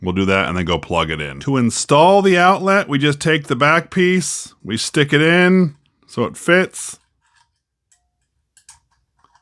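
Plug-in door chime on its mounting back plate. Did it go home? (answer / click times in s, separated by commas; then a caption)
no / none. Someone talks while the plastic back piece is stuck into a plug-in door chime on its mounting back plate and fitted into position, ready to be twisted home. After the talk, a few faint ticking plastic contact sounds are heard, but nothing has clicked or locked yet.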